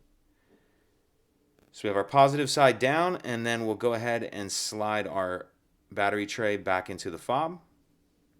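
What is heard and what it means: Someone talks while the plastic battery tray of a 2018 Audi S6 remote key fob, holding a new CR2032 coin cell placed positive side down, is about to be slid back into the fob housing. The tray has not seated or clicked yet when the clip ends.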